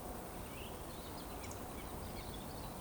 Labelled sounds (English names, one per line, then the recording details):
Eurasian Woodcock whistle
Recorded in Baden-Württemberg, Germany, on 23 June 2020 at 20:01 UTC
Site 14569, 102 m above sea level